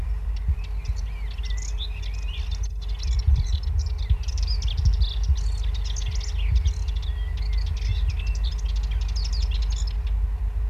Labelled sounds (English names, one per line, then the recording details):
Dartford Warbler song
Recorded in the wild
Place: Ostpyrenäen, ES
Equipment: Halbspur, 9,5 cm/s
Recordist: Lütgens, Hans
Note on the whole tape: Gesang